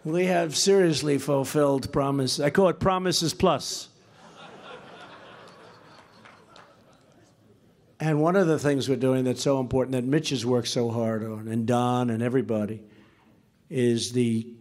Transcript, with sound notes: We have seriously fulfilled promises. I call it “promises plus.” (Laughter.) And one of the things we’re doing that’s so important—and Mitch has worked so hard on, and Don, and everybody—is the